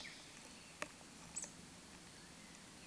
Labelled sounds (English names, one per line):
Eurasian Woodcock whistle